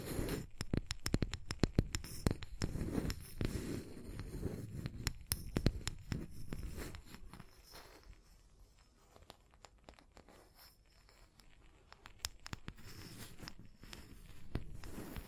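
Tapping and scratching, with sharp clicks scattered irregularly through the clip, densest in the first seven seconds alongside a low, rumbling scrape. The middle stretch grows quieter and sparser, then the taps and faint rustling pick up again near the end.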